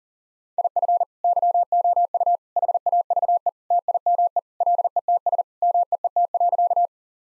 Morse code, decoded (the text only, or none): IF YOU HAVE TIME LETS MEET.